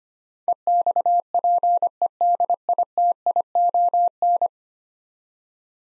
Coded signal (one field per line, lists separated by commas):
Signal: Morse code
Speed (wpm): 25 wpm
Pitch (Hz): 700 Hz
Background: none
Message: EXPEDITION